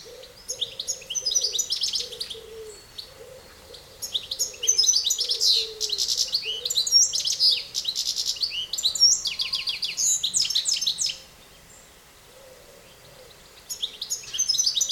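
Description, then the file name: European goldfinch singing a long, jangling twitter of high tinkling notes and rattling trills in several bursts, a quiet gap near the end, over a soft low hum. "Carduelis carduelis"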